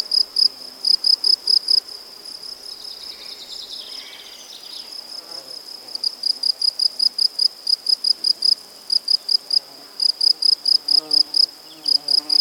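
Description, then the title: Cricket chirps come in quick, high groups with short pauses between them. A fainter descending sound passes over them early on. Crickets at Buoux, Vaucluse, France, in May 2007. "Animus. Grillons, Divers Insectes Et Oiseaux - Buoux, Vaucluse - mai 2007"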